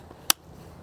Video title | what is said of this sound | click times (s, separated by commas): SCHUBERT C5 EVOLUTION OU REVOLUTION ?? | Vous le tournez un petit peu, vous allez entendre un petit clic et ça sera bon. | 0.3 s